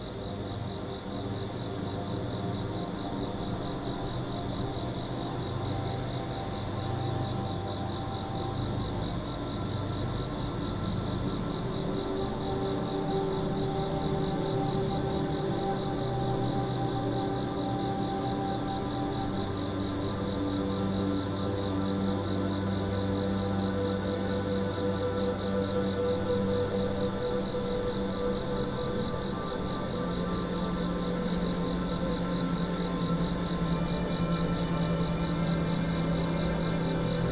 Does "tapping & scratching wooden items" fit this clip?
no